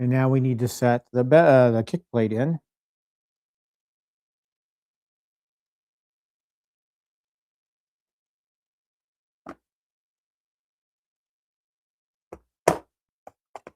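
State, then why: Not seated. A kick plate panel is being handled and set into the base of an arcade cabinet. Someone talks briefly at the start, then after a long silence there is a faint knock near 9.5 seconds and a cluster of short knocks and taps from about 12.3 to 13.6 seconds, the loudest around 12.7 seconds. Nothing has seated or clicked into place yet.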